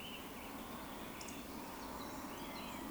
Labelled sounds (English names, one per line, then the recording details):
Eurasian Woodcock
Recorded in Baden-Württemberg, Germany, on 16 June 2020 at 19:59 UTC
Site 14569, 102 m above sea level